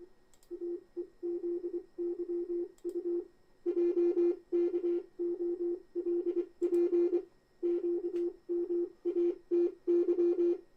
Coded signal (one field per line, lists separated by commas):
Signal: Morse code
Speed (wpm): 22 wpm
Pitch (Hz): 350 Hz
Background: none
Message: AEZYU JKOLP QMATY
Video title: Amatuer Radio and Chat Live M7WLO